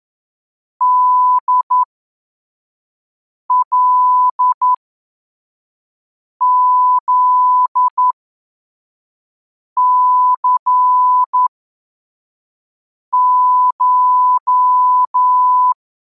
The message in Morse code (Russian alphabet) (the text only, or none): ДЛЗЦШ